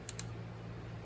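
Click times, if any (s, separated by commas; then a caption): 0.1 s, 0.2 s. A magazine cap on a HatField SAS 12 gauge shotgun's magazine tube is backed off from fully tight by its detent, leaving a little play. Two sharp clicks are heard at 0.1 s and 0.2 s over a low steady hum.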